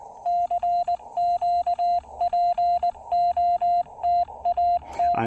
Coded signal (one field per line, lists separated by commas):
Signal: Morse code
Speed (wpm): 20 wpm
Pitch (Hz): 700 Hz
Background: radio noise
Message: CQ POTA T